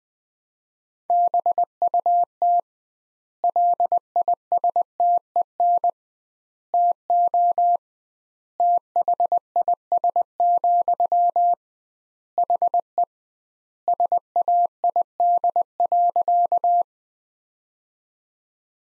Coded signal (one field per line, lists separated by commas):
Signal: Morse code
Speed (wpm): 20 wpm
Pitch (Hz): 700 Hz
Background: none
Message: BUT LISTEN TO THIS, HE SAID.